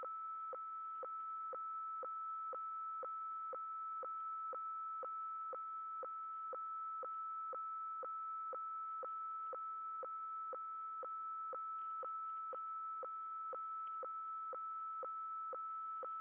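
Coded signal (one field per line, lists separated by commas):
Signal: weather fax (radiofax)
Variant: 120 lines per minute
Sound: steady whistle-like tone interrupted by sharp clicks twice per second, over faint hiss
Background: radio static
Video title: 8503 KHZ WEFAX Using MultiPsk and Winradio Excalibur Pro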